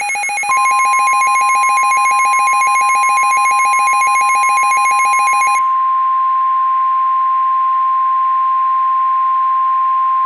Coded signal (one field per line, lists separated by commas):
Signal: Emergency Alert System (SAME) tones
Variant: 1050 Hz attention tone